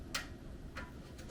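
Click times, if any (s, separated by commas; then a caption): none. A one-piece plastic rack stud is handled at a square hole in a network rack mounting rail, where the bottom hooks in first and the tab is squeezed so the top can pop into place. Two short, bright ticks are heard at about 0.1 s and 0.8 s, with fainter ticks near the end over low background noise. Nothing has seated or clicked into place yet.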